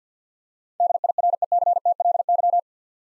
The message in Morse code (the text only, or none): DIRECTLY